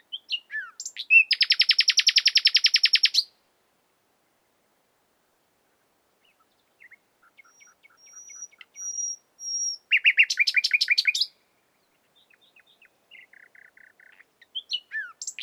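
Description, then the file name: Common nightingale singing: a fast, dry rattling trill, a long silence, scattered soft notes, then another quick buzzy trill and a few more soft notes. "Luscinia megarhynchos"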